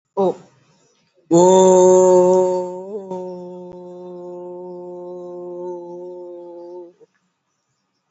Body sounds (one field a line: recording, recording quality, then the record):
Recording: sustained vowel as in boot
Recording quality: excellent, no background noise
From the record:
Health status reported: COVID-19 positive, mild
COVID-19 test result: positive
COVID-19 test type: RT-PCR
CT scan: not taken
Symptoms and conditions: cough, cold, fatigue, muscle pain, hypertension, diabetes, another condition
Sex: female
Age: 72 years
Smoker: no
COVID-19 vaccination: both doses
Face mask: not worn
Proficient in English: yes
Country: India